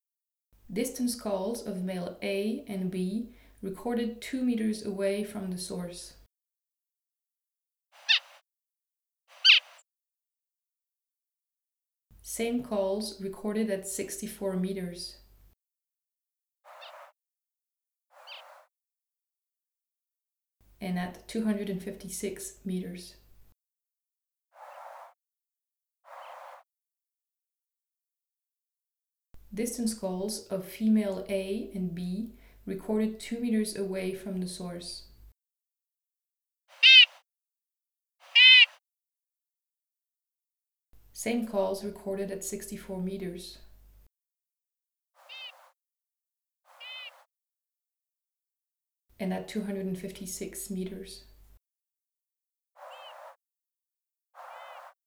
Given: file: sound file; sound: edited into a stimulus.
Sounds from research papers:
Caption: Examples of propagated distance calls of males and females. Two examples for each sex are broadcasted at 2 m, 64 m and 256 m.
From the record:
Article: Acoustic Communication and Sound Degradation: How Do the Individual Signatures of Male and Female Zebra Finch Calls Transmit over Distance?

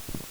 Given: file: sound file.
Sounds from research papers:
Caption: Example of sound recording from fish in RT3 site. Example of sound recording from Rai Son Thon Reservoir (RST3) from a possible fish species. Sound recorded using a hydrophone (Brüel & Kjær 8104) connected to a hand-held sound level meter with sound recording function (Brüel & Kjær 2250). Sampling frequency 48 kHz, high-pass filtered at 0.4 kHz.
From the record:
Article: Exploring freshwater soundscapes of tropical marshland habitats in Southeast Asia: insights into auditory sensory adaptation of wild Siamese fighting fish Betta splendens

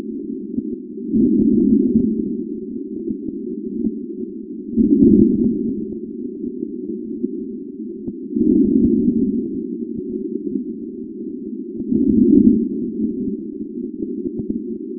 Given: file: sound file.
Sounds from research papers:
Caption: Lung sound recorded in a patient of Type I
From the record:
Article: A two-stage amplified PZT sensor for monitoring lung and heart sounds in discharged pneumonia patients

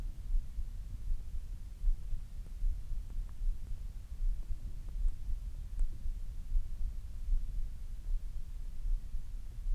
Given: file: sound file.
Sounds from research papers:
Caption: Audio file of post-treatment ear canal signal from the no.3 VPT patient.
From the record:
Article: Pre-Treatment Objective Diagnosis and Post-Treatment Outcome Evaluation in Patients with Vascular Pulsatile Tinnitus Using Transcanal Recording and Spectro-Temporal Analysis

